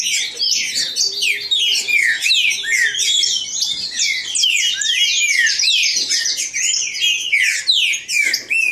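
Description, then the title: Green-winged saltator delivering steady, dense whistled phrases, notes sweeping down then up. Bird named Nicão in the woods, singing in a contest with a free wild bird. "Trinca Ferro NICÃ O"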